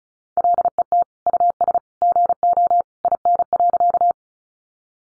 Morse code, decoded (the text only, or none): LET US GO IN.